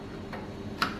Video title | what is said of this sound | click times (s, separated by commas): First epic pc build, 1500$ mid to high end pc build | and yeah there we go once here that click there's your hard drive installed | 0.8 s